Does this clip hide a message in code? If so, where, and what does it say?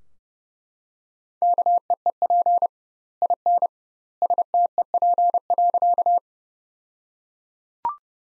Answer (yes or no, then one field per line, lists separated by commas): yes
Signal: Morse code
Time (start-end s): 1.4-6.2 s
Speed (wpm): 32 wpm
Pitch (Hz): 700 Hz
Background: none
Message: KEEP IN STEP.